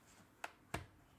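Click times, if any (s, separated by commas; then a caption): 0.4 s, 0.7 s. A plastic pry pick is worked along the edge of an Honor Magicbook X16 laptop's bottom cover, releasing the plastic retaining clips of the chassis. Two sharp snaps ring out at 0.4 s and 0.8 s as the clips pop loose and the cover begins to come free.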